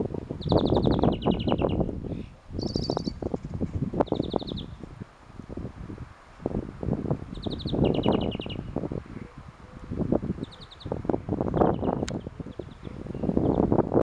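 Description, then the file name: European greenfinch calling with short buzzy trills in scattered bursts, some paired, against continuous low rumbling background noise. "Chloris chloris"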